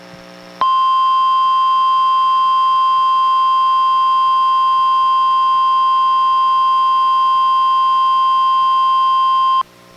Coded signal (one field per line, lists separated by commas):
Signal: Emergency Alert System (SAME) tones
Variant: 1050 Hz attention tone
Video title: EAS #902: NWR Required Weekly Test- Jan. 10, 2024- 11:02AM PST